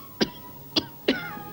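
Several short, dry cough bursts from an adult woman, acted in a film scene to portray a nervous, psychogenic cough that comes only from a little fear rather than from illness.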